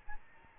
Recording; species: mosquito wingbeat signal from an infrared sensor; Aedes albopictus